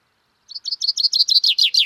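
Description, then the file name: Common chaffinch singing one quick series of high chirpy notes that drop lower into a rattling trill. "Fringilla coelebs"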